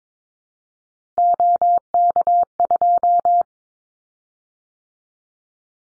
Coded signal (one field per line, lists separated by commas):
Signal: Morse code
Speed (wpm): 22 wpm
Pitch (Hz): 700 Hz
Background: none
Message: OK2